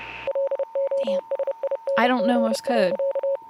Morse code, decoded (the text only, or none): LOSING.